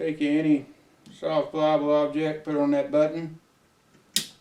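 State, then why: Released. Someone talks, then a soft, pliable object is pressed onto the small takedown button in the slide of a Ruger 57 pistol. The button gives a sharp click at 4.2 s, releasing the takedown lever.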